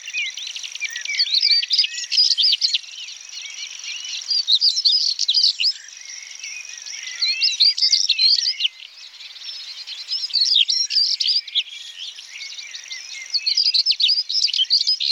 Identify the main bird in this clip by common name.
European Stonechat